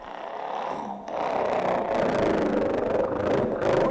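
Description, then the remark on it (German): A bus carrying a group of drunken men drives out to the suburbs with a steady, loud engine rumble and broad road noise, growing slightly fuller after the first second and holding constant throughout. “mit dem ersten Omnibus schaukelte eine Schar angetrunkener Männer hinaus in die Vorstadt”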